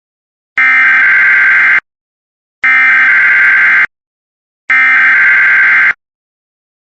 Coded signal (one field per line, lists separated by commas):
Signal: Emergency Alert System (SAME) tones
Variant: header bursts